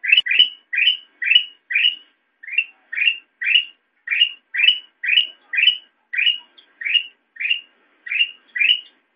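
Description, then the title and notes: Sooty-headed bulbul giving a steady string of quick rising chirps, each brief and bright, about two per second. Recording made for training songbirds (masteran). "suara burung kutilang buat masteran"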